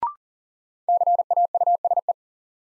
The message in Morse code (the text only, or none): CAUSE